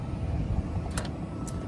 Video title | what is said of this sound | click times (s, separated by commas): EVJECT for CyberTruck 2 Reasons To Buy One! Use Coupon Save BIG CCS Adapter | I just heard it unlock | 1.0 s